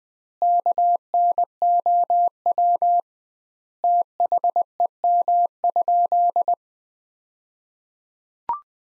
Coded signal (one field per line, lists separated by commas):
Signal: Morse code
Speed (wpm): 20 wpm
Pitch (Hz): 700 Hz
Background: none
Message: KNOW THEM?